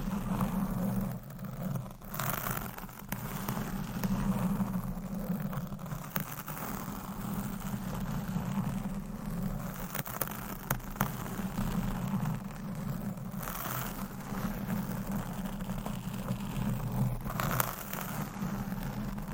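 Steady rumbling scratching and rubbing on a mic, low and dense throughout, with brief sharper scrapes around two, ten and seventeen seconds.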